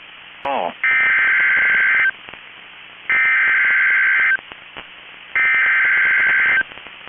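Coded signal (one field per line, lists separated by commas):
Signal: Emergency Alert System (SAME) tones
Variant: header bursts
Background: speech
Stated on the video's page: NOAA Weather Radio alerts for destructive storms in Minnesota.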